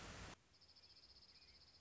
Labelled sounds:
Dark-eyed Junco
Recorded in Sonoma County, California

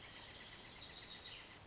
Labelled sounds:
Lazuli Bunting
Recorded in Sonoma County, California

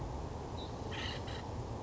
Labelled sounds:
Acorn Woodpecker
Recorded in Sonoma County, California

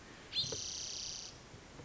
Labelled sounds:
Spotted Towhee
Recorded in Sonoma County, California

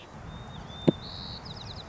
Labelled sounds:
White-crowned Sparrow
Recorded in Sonoma County, California

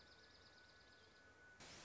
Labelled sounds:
Dark-eyed Junco
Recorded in Sonoma County, California

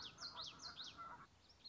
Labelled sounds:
Common Yellowthroat
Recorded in Sonoma County, California

